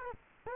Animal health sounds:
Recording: mosquito wingbeat signal from an infrared sensor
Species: Culex quinquefasciatus

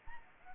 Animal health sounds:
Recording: mosquito wingbeat signal from an infrared sensor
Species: Anopheles arabiensis

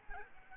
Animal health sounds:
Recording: mosquito wingbeat signal from an infrared sensor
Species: Aedes albopictus

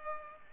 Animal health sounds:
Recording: mosquito wingbeat signal from an infrared sensor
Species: Culex pipiens

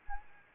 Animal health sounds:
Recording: mosquito wingbeat signal from an infrared sensor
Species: Anopheles arabiensis

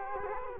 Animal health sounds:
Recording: mosquito wingbeat signal from an infrared sensor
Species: Culex quinquefasciatus

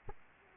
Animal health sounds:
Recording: mosquito wingbeat signal from an infrared sensor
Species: Aedes aegypti

